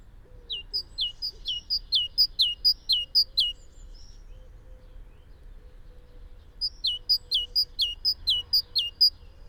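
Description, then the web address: Great tit giving a rhythmic run of paired whistled notes, high then lower, for several seconds. It pauses, then resumes with another fast series. "SETE Parus major"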